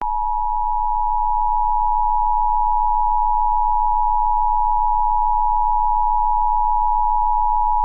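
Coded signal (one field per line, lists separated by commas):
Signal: Emergency Alert System (SAME) tones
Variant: 853 and 960 Hz attention tone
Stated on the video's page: Simulated EAS scenario, fictional July 4th special.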